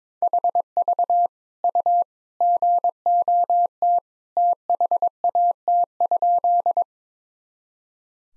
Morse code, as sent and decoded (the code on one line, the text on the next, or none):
.... ...- / ..- / --. --- - / - .... .- - ..--..
HV U GOT THAT?